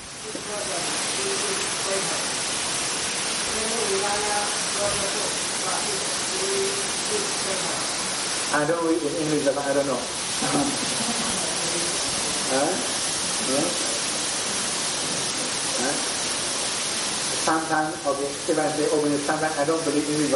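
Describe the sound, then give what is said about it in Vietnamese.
Heavy rain pours down in a steady, dense hiss that fills the whole clip, with people's voices talking faintly underneath and rising briefly above the downpour. “Không nghe được, mưa to quá.”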